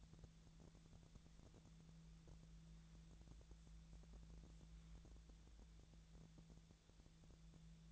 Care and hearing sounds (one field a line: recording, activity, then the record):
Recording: daily activity, microphone in the room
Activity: wipe stove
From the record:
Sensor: 3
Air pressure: 1000.5 hPa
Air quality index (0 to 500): 172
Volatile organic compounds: 3 ppm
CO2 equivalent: 1496 ppm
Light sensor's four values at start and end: 13/30/13/13 and 13/30/13/13